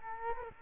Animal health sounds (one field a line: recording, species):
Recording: mosquito wingbeat signal from an infrared sensor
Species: Culex quinquefasciatus